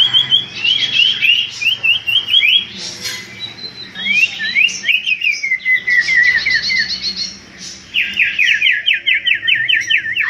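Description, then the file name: Common iora song of quick repeated slurred notes, a descending trill in the middle, and a fast rattling series of chirps near the end. Whistled song used as a lure (pancingan) for bird catching; local name cipo. "siulan cipo untuk pancingan"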